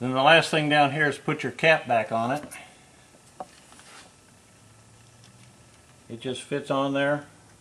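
A plastic cap is being handled at a transmission cooler line fitting on a Jeep Grand Cherokee. Someone talks, and a brief sharp tap is heard around 3.4 s in a quiet stretch before the talking resumes. The cap has not snapped in place yet; nothing has seated or clicked.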